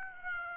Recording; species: mosquito wingbeat signal from an infrared sensor; Aedes aegypti